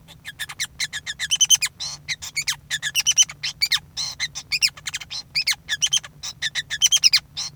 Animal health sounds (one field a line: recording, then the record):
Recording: song of a male Bengalese finch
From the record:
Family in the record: son of father 5